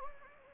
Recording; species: mosquito wingbeat signal from an infrared sensor; Anopheles gambiae